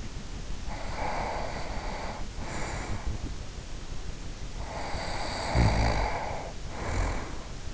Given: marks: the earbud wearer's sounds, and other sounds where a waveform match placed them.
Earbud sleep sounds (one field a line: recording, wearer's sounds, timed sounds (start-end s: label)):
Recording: sounds in sleep by an in-ear microphone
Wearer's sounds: breath, snoring breath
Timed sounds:
0.53-3.45 s: breath
4.40-7.74 s: snoring breath